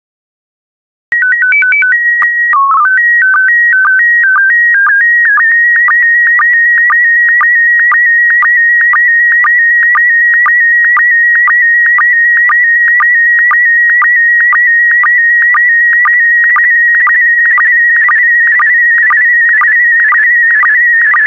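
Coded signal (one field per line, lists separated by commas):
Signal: SSTV (slow-scan television)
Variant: PD120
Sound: brief calibration tones, then a warbling whine with steady ticks about twice a second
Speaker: four three two one so so so so so so transmission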